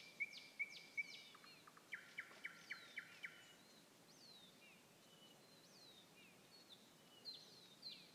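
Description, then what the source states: Nightingale song opening with three sharp whistles, then a loud pulsed rattling trill, followed by scattered high swooping notes. Song recorded 21 May 2016.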